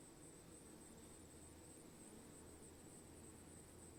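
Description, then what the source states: Swarming bees give an unbroken low hum of many wings, with a steady deep undertone and a light hiss in the background. Bees recorded while swarming.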